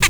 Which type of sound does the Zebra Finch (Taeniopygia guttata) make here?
tet call